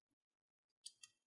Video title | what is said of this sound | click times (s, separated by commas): 737 AFT OVERHEAD PANEL | once again the back should just click into place and it does now | 0.9 s, 1.0 s